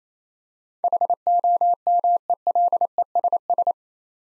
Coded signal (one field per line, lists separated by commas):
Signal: Morse code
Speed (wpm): 28 wpm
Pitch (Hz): 700 Hz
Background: none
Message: HOMELESS